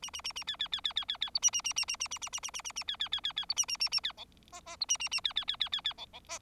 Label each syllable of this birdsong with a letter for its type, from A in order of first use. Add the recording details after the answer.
A A A A B B B B B B B C A A A A A A A A A A A A A B B B B B C A A A A B D E E C A A A B B B B B B D D E. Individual Bird4